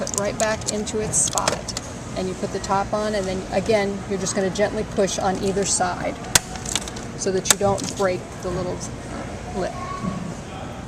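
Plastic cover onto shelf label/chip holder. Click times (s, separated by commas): 6.7 s, 6.8 s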